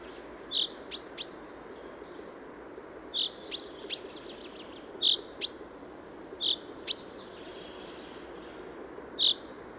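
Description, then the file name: Common chaffinch calls: short high notes in pairs and threes, repeated at irregular intervals over a steady low background hiss. "Fringilla coelebs"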